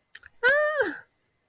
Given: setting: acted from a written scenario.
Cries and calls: vocal sound without words; positive surprise

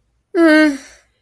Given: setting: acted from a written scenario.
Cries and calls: vocal sound without words; neutral

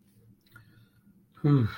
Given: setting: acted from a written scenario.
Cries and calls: vocal sound without words; contentment

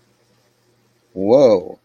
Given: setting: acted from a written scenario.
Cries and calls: vocal sound without words; interest

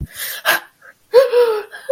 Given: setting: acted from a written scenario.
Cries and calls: vocal sound without words; fear

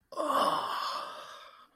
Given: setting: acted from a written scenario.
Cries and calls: vocal sound without words; ecstasy

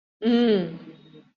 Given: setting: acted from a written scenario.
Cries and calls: vocal sound without words; neutral

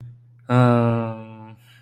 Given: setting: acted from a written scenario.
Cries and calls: vocal sound without words; disappointment

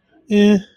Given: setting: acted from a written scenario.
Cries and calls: vocal sound without words; neutral

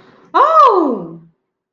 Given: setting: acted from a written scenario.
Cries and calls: vocal sound without words; ecstasy

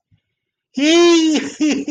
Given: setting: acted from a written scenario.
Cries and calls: vocal sound without words; triumph

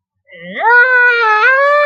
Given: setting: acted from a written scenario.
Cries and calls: vocal sound without words; fear

